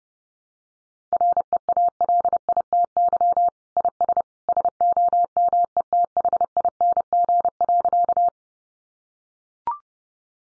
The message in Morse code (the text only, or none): REALITY IS SOMETHING.